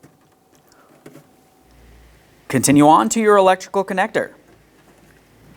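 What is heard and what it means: A wiring harness connector is handled near the base of a headlamp bulb on a 1998-2002 Lincoln Navigator, with a few faint handling ticks in the first second. Someone then talks from about 2.5 to 4.3 seconds over a quiet background. The connector has not been pressed onto the bulb and nothing has seated or clicked yet.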